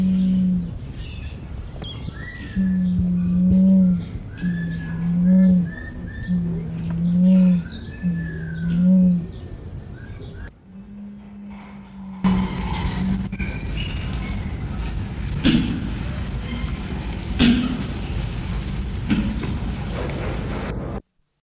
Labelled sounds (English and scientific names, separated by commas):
Victoria Crowned Pigeon (Goura victoria) call